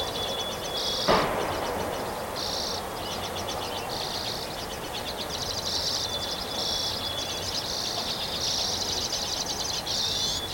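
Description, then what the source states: Bird chorus of rapid buzzy bursts and thin whistles, with a single sharp click early on, over continuous hiss. Recorded on 3 May 2023.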